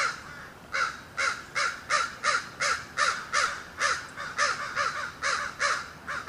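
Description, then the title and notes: Crows cawing in a rapid series of many harsh, ragged caws. Several crows in Notre-Dame-des-Neiges Cemetery, 24 July 2008. "Cimitiere de Notre-Dame-des-Neiges, 24.07.08. Crows in the cemetry"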